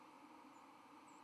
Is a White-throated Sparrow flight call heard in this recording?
no